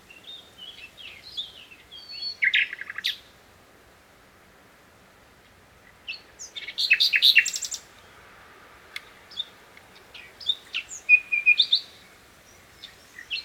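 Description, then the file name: Common nightingale song: varied phrases of rapid chirps, trills and whistles in bursts separated by pauses. "Luscinia megarhynchos"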